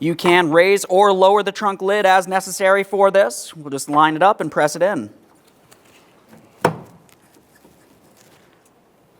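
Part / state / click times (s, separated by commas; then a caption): trunk lid lift support end onto ball stud / seated / 6.6 s. Someone talks for about five seconds, then the lower end of a trunk lid lift support on a 2009-2014 Nissan Maxima is lined up and pressed onto its ball stud. It snaps into place with a single loud, sharp click at 6.7 s, seating the second mounting point. A few faint ticks follow in near silence.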